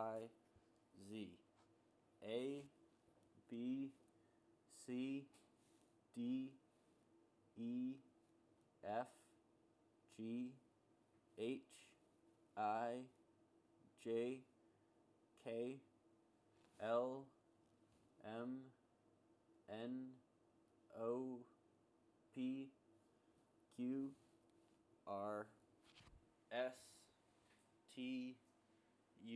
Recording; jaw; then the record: letters of the alphabet, spoken; free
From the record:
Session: seven days later